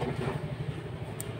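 After the battery in a digital wristwatch is swapped, its battery hold-down lock is pressed shut and clicks into place at 1.2 s with a short, sharp, bright tick over a steady low rumble. The lock is now secure, which keeps the battery in contact with the rubber connector so the display does not go blank.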